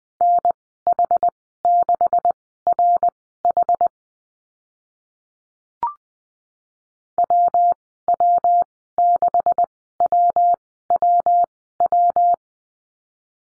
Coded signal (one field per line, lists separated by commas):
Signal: Morse code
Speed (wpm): 20 wpm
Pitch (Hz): 700 Hz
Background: none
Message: NH6RH WW6WWW